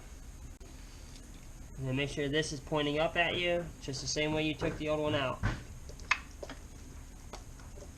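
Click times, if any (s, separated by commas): 6.1 s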